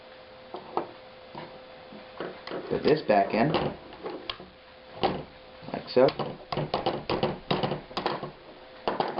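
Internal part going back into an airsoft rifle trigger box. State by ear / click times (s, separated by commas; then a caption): seated / 8.9 s. A part is pushed back by hand into the trigger box of a JG Bar-10 airsoft rifle while someone talks, with several short knocks and taps as it is worked into place. It clicks into a tight fit at 8.9 s, confirming the part is seated.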